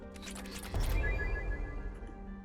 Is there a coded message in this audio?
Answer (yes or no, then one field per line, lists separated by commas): no